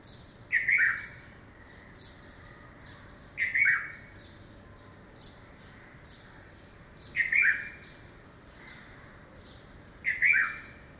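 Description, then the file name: Red-vented bulbul calls, paired harsh chirps repeated every three to four seconds, four bursts in all, against a steady low background hum. "Pycnonotus cafer - Red-vented Bulbul"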